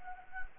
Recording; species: mosquito wingbeat signal from an infrared sensor; Anopheles gambiae